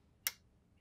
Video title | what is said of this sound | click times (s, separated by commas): Troubleshooting your Toast Networking Hardware | With all Ethernet cord installations, make sure you hear the cables click | 0.3 s